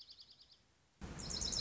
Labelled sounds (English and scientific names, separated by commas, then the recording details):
Dark-eyed Junco (Junco hyemalis)
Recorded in Sonoma County, California